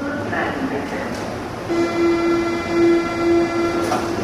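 A subway train rumbles into a station, its low roar joined midway by a steady, pitched whine or horn tone that holds for a couple of seconds over the clatter.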